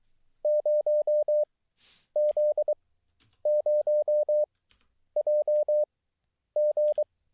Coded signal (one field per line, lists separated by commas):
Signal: Morse code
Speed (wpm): 23 wpm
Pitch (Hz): 600 Hz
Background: none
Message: 0Z0JG